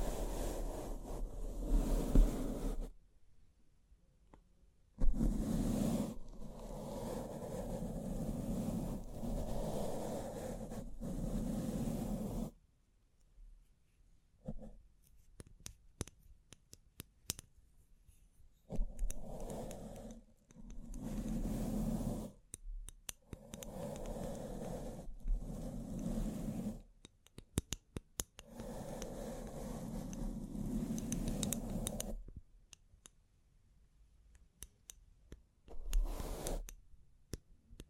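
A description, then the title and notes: Bling bling triggers come in dense, scratchy bursts lasting a few seconds each, separated by near-silent pauses. Scattered small clicks and taps fill the gaps, especially midway, and a faint low hum runs underneath throughout. Bling Bling Triggers.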